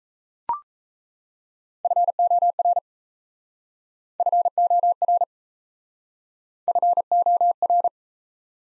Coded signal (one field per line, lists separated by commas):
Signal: Morse code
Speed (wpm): 40 wpm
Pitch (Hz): 700 Hz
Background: none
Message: FOR FOR FOR